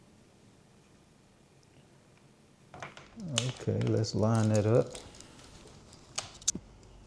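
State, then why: Seated. A gimbal assembly part is lined up and pushed into the gimbal body of a DJI RS5 camera gimbal during its first setup. Someone talks, a few light handling clicks and taps follow, and then a sharp click at 6.5 s marks the part seating into place.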